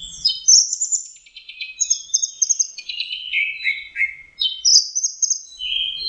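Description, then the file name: Orange-headed thrush in continuous song, mixing quick trills, descending slurred notes and bright whistled phrases without break. Masteran song used for training kept birds. "suara masteran anis merah"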